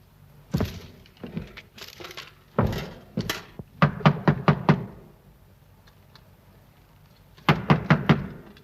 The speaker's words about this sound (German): Aber wir müssen sie herausklopfen, wenn wir einen Führer haben wollen. Klopfen, das ist ein natürlicher Lärm, Dummkopf. Da kann sich eine Kuh an die Stallwand wälzen.